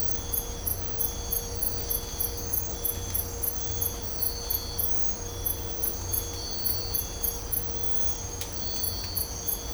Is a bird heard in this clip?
no